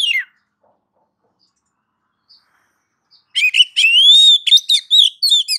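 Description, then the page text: Oriental magpie-robin giving one falling whistle, then silence, then a fast, rich string of chirps and long whistled notes. Female calling a male; masteran tutor sound for training kept magpie-robins. "Kacer betina memanggil jantan. Suara Masteran Burung Kacer"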